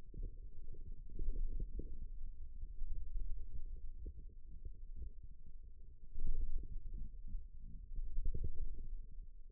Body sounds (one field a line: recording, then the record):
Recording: forearm muscle sounds (acoustic myography)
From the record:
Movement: wrist flexion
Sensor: system 2, bracelet of six BSWA MPA416 microphones around the upper forearm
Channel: 4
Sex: male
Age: 22 years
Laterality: right